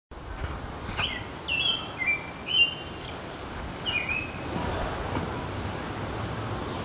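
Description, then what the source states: Songbird whistling a handful of short, clear notes against constant low background hiss and rumble. Songbirds singing in a city.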